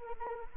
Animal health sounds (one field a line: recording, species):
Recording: mosquito wingbeat signal from an infrared sensor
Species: Anopheles arabiensis